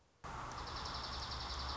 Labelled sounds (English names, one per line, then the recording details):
Dark-eyed Junco
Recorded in Sonoma County, California